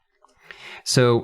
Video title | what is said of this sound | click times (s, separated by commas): Luft Concepts Avant - Small Details Review - Bearded Gear & Rimmer Designs | pop into place down here | 0.5 s